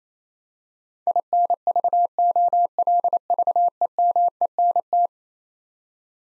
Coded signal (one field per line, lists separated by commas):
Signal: Morse code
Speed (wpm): 28 wpm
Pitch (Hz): 700 Hz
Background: none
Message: INVOLVEMENT